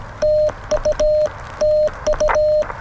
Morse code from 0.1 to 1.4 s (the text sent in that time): TU